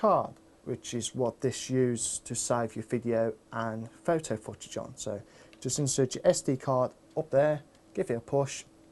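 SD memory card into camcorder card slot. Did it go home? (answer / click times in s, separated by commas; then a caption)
no / none. Someone talks while an SD memory card is handled at the card slot inside the battery compartment of a Sanyo Xacti CA100 camcorder, where it stores video and photo footage. Speech fills the clip with no distinct click. Nothing has seated or clicked yet.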